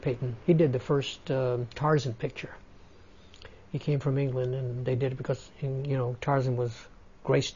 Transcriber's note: none